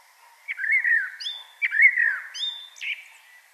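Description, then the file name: Common blackbird song of a few mellow whistled notes, each followed by a high thin squeak. "Turdus merula"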